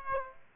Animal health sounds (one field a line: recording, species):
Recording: mosquito wingbeat signal from an infrared sensor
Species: Aedes aegypti